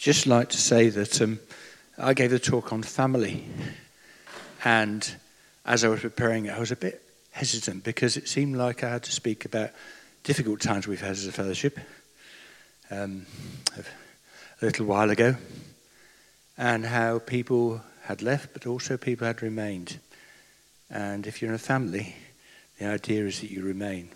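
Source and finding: Adult male speaker. Normal speech.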